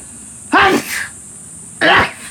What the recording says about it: I just sneezed up bits of ramen. Sneezing ramen into his hand.